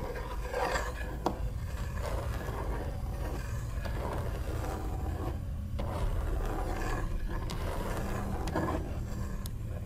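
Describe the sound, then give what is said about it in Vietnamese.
Steady, raspy scratching by something against the outside of a wooden bedroom door goes on without pause, with a low rumbling undertone and a few sharp knocks or clicks breaking through. No one speaks. “Và ngay sau đó chị vợ phải hét toáng lên, bởi bên ngoài cửa buồng bà cụ không gõ cửa nữa, mà thay vào đó là những âm gai sống lưng, như là cánh cửa đang bị thứ gì đó cào cào vậy.”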